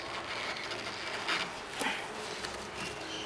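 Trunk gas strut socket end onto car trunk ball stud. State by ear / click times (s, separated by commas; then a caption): not seated / none. The socket end of a new metal gas strut is handled near the trunk hinge ball stud of a BMW E90, over a steady hiss with a few brief handling knocks, the sharpest near 2.4 s. The strut has not yet snapped onto the ball stud; nothing has seated or clicked yet.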